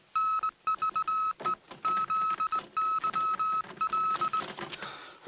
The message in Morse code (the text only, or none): NVE ZYL